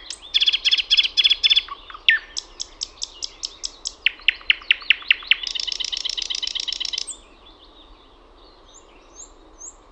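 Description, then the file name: Thrush nightingale song: a series of repeated hard notes, then a dense churring rattle, ending with a few faint high whistles. "SATAKIELI"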